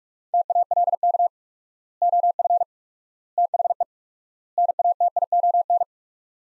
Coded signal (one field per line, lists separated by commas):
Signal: Morse code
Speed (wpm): 46 wpm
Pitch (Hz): 700 Hz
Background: none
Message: TALK OF THE NATION